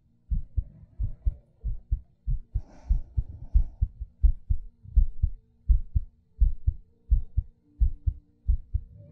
ASMR Heartbeat Breathing.